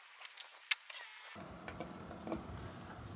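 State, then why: Seated. A plastic part is fitted while wiring the positive terminal to the bus bar on a Victron Smart Shunt battery shunt install. Sharp plastic snaps are heard near the start, and the loudest, crispest click at 0.7 s is where the part seats into place. A broader, steady background noise then fills the rest of the clip.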